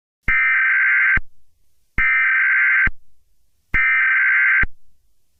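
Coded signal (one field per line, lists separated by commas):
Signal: Emergency Alert System (SAME) tones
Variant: header bursts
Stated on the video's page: Fictional EAS scenario.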